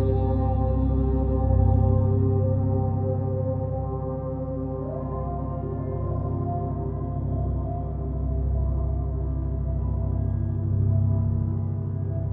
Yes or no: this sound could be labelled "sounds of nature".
no